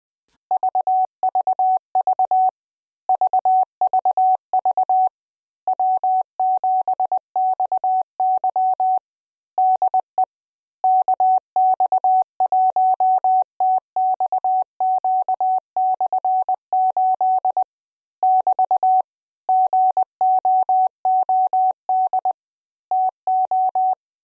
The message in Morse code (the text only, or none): VVV VVV W7XY DE KX1TXQ/8 <BT> GOOD TO